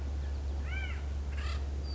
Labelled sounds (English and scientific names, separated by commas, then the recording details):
Acorn Woodpecker (Melanerpes formicivorus)
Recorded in Sonoma County, California